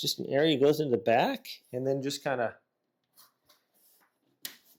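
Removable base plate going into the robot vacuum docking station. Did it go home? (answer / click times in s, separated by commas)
yes / 4.5 s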